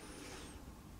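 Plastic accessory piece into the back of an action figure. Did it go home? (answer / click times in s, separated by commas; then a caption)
no / none. A small plastic protective accessory is handled at the back of a Storm Collectibles 1:6 scale action figure as it is about to be popped into place. Only faint, steady plastic rubbing and handling noise is heard over a low background hum. Nothing has seated or clicked yet.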